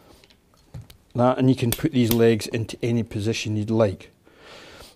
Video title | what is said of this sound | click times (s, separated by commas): Best-selling K&F Concept® Tripods Comparison TM2324 Vs TM2534T | have the standard click click three clicks to get it up now | 0.2 s, 0.5 s, 0.8 s, 0.9 s